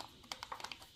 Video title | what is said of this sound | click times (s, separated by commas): Sewing Room Tour 2.0 - I've Rearranged AGAIN!! (July 31, 2025) | You'll hear it click. And I There it goes. | 0.3 s